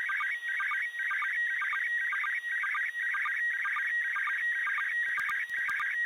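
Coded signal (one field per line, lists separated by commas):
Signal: SSTV (slow-scan television)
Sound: warbling, chirping tones sweeping between pitches with a rhythmic short low blip each line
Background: radio static, clicks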